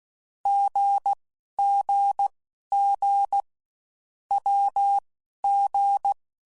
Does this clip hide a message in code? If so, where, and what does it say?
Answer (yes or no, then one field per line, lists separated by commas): yes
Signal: Morse code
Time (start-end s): 0.5-6.1 s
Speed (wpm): 16 wpm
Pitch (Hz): 800 Hz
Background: none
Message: GGG WG